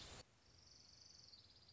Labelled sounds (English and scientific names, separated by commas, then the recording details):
Orange-crowned Warbler (Leiothlypis celata)
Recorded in Sonoma County, California